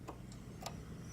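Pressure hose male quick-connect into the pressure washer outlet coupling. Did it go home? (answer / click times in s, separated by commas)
yes / 0.7 s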